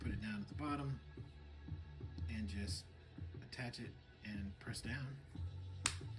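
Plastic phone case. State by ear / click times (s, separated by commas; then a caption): seated / 5.9 s. The plastic back half of a Torras 360 Spin magnetic phone case, which has a hinge mechanism inside, is set at the bottom edge of a Z Fold 7 folding phone and pressed down while someone talks over background music. A single sharp snap at 5.9 s marks the back half seating onto the phone.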